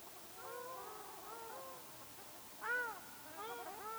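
Ruddy shelduck giving a softer run of nasal honks, then one louder, sharper honk, followed by a few more calls.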